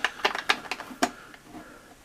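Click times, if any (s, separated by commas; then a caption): 0.5 s. A plastic pin on a part of a transforming Optimus Prime Studio Series robot action figure is pushed into its socket while the figure is changed into truck mode. A series of short, sharp plastic clicks and taps is heard, with the pin clicking into place at 0.5 s. The pin is seated.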